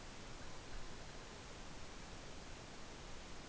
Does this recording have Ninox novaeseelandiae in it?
no